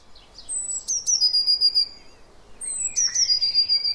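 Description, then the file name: Eurasian blue tit calling: two bursts, each a few very high thin notes sliding into a fast trill, about two seconds apart. "Cyanistes caeruleus"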